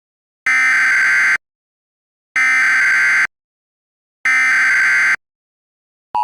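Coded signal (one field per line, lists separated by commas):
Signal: Emergency Alert System (SAME) tones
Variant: header bursts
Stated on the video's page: Fictional EAS scenario, not a real alert.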